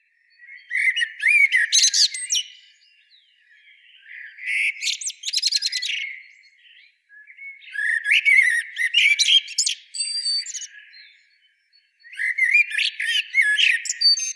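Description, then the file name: Eurasian blackbird singing several phrases, each a low fluty warble running into high, squeaky twitters, separated by brief quiet gaps. "Turdus merula"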